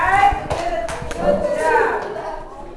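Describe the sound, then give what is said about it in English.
A few scattered, uneven claps from children clapping for a group, sharp and brief, mixed in with several young voices talking and calling out over the top throughout. “Clap for them.”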